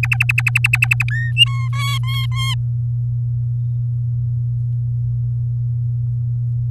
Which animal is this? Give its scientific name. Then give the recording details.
Serinus canaria. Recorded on 8 May 2018 at 14:29. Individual llb16